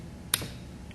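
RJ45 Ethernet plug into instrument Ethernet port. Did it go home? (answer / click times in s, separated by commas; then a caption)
yes / 0.3 s. An RJ45 Ethernet crossover cable connector is pushed into an instrument's Ethernet port until it latches, giving a single sharp, bright click at 0.3 s over a low background hum, followed by a much fainter short tick near 0.9 s. The plug is seated in the port.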